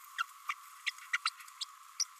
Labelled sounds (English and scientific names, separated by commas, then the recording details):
Green-rumped Parrotlet (Forpus passerinus) babbling
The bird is a female
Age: 27 days
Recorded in a nest box in Venezuela
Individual 17B32A5